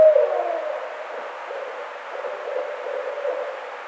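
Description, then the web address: Barred owl hoot, a loud low note at the start trailing off, followed by softer hooting over steady hiss. Recorded 4 May 2009. "sounds birds Barred Owl 2009 05 04 Barred Owl"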